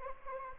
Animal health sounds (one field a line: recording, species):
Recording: mosquito wingbeat signal from an infrared sensor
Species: Anopheles gambiae